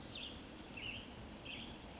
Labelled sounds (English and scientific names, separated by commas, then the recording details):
California Towhee (Melozone crissalis)
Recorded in Sonoma County, California